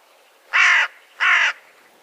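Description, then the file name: Carrion crow giving two harsh, raspy caws against a quiet background. "Corvus corone"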